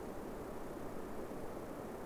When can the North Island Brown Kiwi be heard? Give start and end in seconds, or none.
none